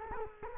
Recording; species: mosquito wingbeat signal from an infrared sensor; Culex quinquefasciatus